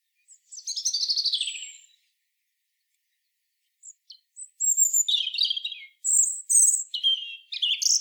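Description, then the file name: European robin singing one short warbled phrase, then after a pause a longer run of high, sliding whistles and quick twittering notes. "Erithacus rubecula"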